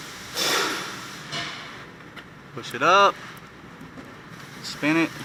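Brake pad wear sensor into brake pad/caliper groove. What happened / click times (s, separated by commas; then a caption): The small part is being positioned, not yet seated; no click / none. On a 2015 Porsche Macan front brake job, a brake pad wear sensor is lined up with a small groove on the brake pad or caliper before being pushed in. Someone talks over faint handling noise and a soft rustling burst near the start. Nothing has seated or clicked yet.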